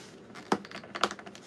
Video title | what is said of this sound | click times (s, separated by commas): The Lord Of The Rings Lurtz Uruk Hai & Uruk Hai Warrior Action Figures Unboxings & Review | I heard it pop. Okay, we got it. | 1.0 s